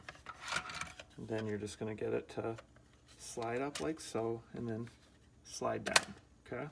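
The rear stock piece of a plastic BRGNW Electric Gel Bullet Blaster Model M416 in Metallic Red, with its wire fed through, is slid up and then down onto the back of the blaster body while someone talks. A few brief plastic handling knocks sound in the first second. The stock has not seated or clicked into place yet.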